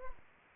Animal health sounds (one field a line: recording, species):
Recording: mosquito wingbeat signal from an infrared sensor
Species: Anopheles arabiensis